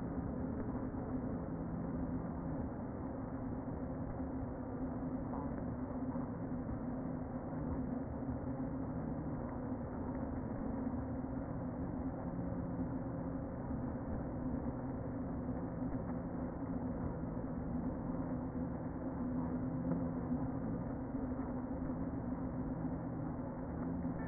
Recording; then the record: honeybee colony, microphone inside the hive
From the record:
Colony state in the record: queen present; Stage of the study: before two queens were removed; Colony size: about 60,000 bees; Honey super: yes